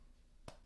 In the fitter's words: Just slide it in and we'll just press it in until it clicks.